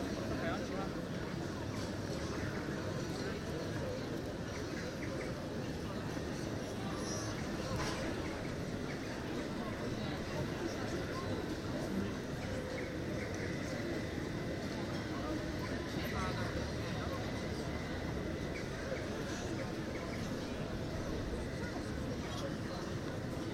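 Outdoors on a city square, a steady wash of crowd chatter and traffic noise fills the scene with no pauses. Voices mingle over a low rumble of vehicles, with faint brighter clinks and calls now and then.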